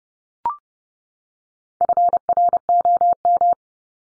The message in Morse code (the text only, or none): FROM